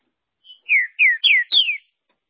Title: Trinca Ferro